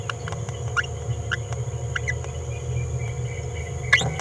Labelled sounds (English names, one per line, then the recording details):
Green-rumped Parrotlet babbling
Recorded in a nest box in Venezuela
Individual 18B17A5